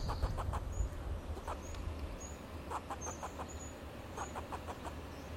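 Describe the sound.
Fox squirrel producing soft chucks, roughly three per second, with faint high bird chirps and a low steady hum.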